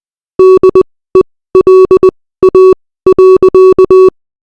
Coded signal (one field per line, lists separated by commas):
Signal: Morse code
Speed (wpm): 20 wpm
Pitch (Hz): 380 Hz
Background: none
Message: DELA.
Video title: Morse Code